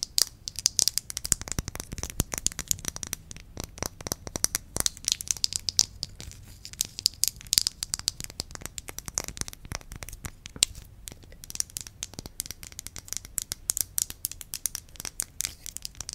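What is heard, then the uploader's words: Tapping and scratching sounds form a dense, irregular stream of sharp clicks across the whole clip, with no pauses. The hits are bright and crisp, some louder than others, over a faint low rumble, with a crinkly, papery quality to the texture. ASMR Tingly Tapping, Tracing & Scratching.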